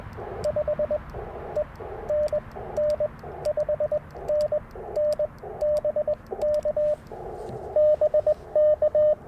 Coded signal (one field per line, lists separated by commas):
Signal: Morse code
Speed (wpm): 21 wpm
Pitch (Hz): 610 Hz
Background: radio noise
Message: 5 ENN 5NN BK BK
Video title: Morning Morse Code at Tuskegee National Forest K-4451 - 11/28/23